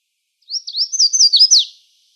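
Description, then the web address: Red-faced warbler song: a quick, high, sweet series of slurred notes rising slightly in loudness and ending in a downward flourish. Recorded in Arizona on 2 May 2004. "Other Warblers RFWA"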